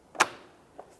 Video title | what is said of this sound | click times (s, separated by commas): How to Replace A/C Condenser 2011-2018 Volkswagen Jetta | let's line everything up gently press it in listen for some clicks there | 0.2 s